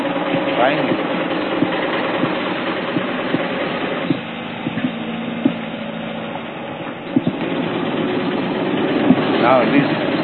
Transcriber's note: loud noise of water truck